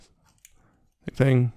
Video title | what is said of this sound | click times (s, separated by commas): Transformers Beast Wars Cheetor (vintage reissue) | click into place bring it down then take the | 0.4 s